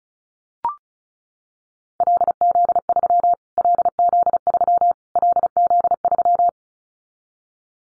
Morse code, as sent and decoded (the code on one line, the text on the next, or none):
.-.. --.. ...-- / .-.. --.. ...-- / .-.. --.. ...--
LZ3 LZ3 LZ3